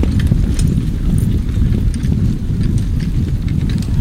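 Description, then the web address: Horse hoofbeats blended into a dense, rumbling tramp of many marchers, steady and continuous with scattered clinks above. War horses, with infantry and cavalry passing by. "Hollywood Edge Historical Series War Horses Armies Weapons Infantry And Cavalry Pass By"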